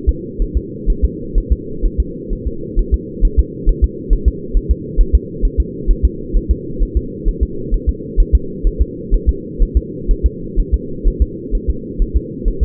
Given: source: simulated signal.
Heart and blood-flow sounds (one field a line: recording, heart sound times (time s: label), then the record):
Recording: fetal heart sounds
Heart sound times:
0.09 s: S2
0.42 s: S1
0.57 s: S2
0.90 s: S1
1.04 s: S2
1.38 s: S1
1.52 s: S2
1.85 s: S1
2.00 s: S2
2.33 s: S1
2.47 s: S2
2.79 s: S1
2.94 s: S2
3.25 s: S1
3.39 s: S2
3.69 s: S1
3.84 s: S2
4.13 s: S1
4.28 s: S2
4.57 s: S1
4.71 s: S2
5.00 s: S1
5.15 s: S2
5.45 s: S1
5.60 s: S2
5.91 s: S1
6.05 s: S2
6.37 s: S1
6.51 s: S2
6.83 s: S1
6.97 s: S2
7.28 s: S1
7.43 s: S2
7.74 s: S1
7.89 s: S2
8.20 s: S1
8.35 s: S2
8.67 s: S1
8.82 s: S2
9.14 s: S1
9.29 s: S2
9.62 s: S1
9.77 s: S2
10.11 s: S1
10.26 s: S2
10.59 s: S1
10.74 s: S2
11.07 s: S1
11.22 s: S2
11.55 s: S1
11.70 s: S2
12.02 s: S1
12.16 s: S2
12.48 s: S1
12.63 s: S2
From the record:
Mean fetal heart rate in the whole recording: 130 bpm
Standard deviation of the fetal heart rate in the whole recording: 4 bpm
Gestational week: 38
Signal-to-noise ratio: -4.3 dB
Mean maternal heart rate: 72 bpm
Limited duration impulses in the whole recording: absent